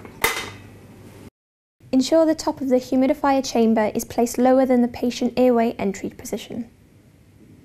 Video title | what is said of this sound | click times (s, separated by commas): Setting up the 7000 Series Respiratory Humidifier from Intersurgical | the humidification chamber onto the humidifier and ensure it clicks into place | 0.2 s